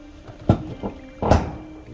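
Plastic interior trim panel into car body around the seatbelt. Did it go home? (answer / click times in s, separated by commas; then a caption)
yes / 0.5 s. With the seatbelt passed through it, a plastic interior trim panel on a Ford Crown Victoria police car is slid into place around the belt and pushed down into the car body. Its clip engages with a small click at 0.5 s, and the panel is seated, with another thump near 1.3 s. Music plays underneath.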